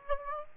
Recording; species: mosquito wingbeat signal from an infrared sensor; Aedes aegypti